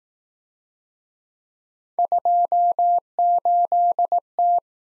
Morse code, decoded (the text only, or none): 28T